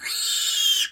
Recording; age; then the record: pig call; piglet (1 to 25 days)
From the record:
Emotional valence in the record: negative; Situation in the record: castration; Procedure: castration, cut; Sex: male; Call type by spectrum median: high-frequency call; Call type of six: high-frequency stable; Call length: 0.92 s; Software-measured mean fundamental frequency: 152 Hz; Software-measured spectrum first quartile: 3238 Hz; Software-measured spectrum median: 4330 Hz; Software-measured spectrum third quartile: 7111 Hz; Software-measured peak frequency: 3177 Hz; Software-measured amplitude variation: 115 dB a second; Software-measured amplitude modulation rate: 21.1 a second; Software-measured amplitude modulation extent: 5.5 dB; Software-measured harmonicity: 4.4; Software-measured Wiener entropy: -2.65